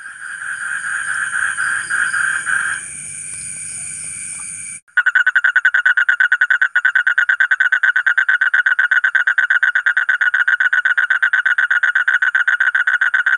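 Asian common toad giving a long rapid pulsed trill of regular buzzy notes, following several seconds of a smoother humming buzz at the start.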